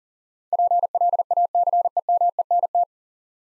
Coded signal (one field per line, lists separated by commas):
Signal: Morse code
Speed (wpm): 40 wpm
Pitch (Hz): 700 Hz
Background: none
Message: PLACEMENT